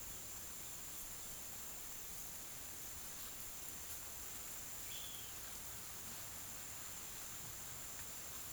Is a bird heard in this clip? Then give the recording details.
no. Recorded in pastures near Puerto Asís, Putumayo, Colombia, on 25 June 2025 at 10:00. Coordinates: 0.487, -76.322. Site H26